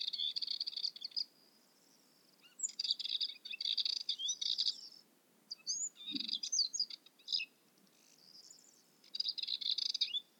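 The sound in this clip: Bird song: repeated phrases of fast, high, jumbled twittering with quick slurred whistles, broken by short pauses.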